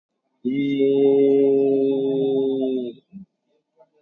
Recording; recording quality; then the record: sustained vowel as in made; excellent, no background noise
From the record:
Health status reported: COVID-19 positive, moderate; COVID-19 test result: positive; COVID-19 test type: RT-PCR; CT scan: not taken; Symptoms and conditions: cough, diarrhoea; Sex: male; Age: 24 years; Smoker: no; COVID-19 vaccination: none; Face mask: not worn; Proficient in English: yes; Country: India